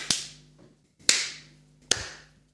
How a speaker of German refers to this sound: Und deshalb müssen wir jetzt gleich auch klatschen, damit wir unsere Spuren wieder synchronisieren.